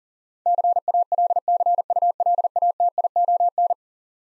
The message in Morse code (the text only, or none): CALCULATION